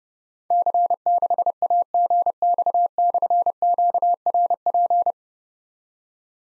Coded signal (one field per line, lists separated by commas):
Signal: Morse code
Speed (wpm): 28 wpm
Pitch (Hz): 700 Hz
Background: none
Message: C6AGX/QRP